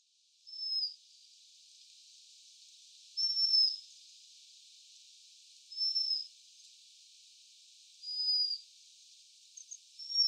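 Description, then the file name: Japanese waxwing giving thin, high, slightly descending sibilant calls, single notes repeated roughly every two to three seconds, with a quiet hiss behind. Voice, Kuroda, Tottori, 11 December 2013. "hirenjaku tottori kuroda"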